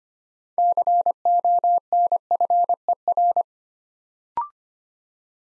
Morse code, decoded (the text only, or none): CONFER